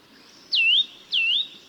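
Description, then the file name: Eurasian nuthatch calls: two clear whistled notes, each falling steeply then flattening and rising slightly, with a short gap between. "Sitta europaea"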